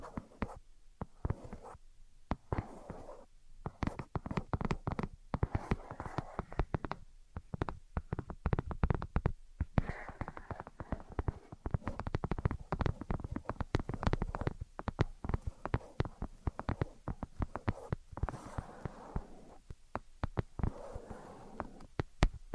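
Tapping and scratching go on without pause for the whole stretch, a dense, irregular patter of sharp clicks over a rough, rustling scrape. The taps come in quick clusters with only brief gaps, the busiest run falling in the middle.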